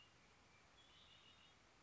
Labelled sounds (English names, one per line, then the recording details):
Red-winged Blackbird
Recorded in Sonoma County, California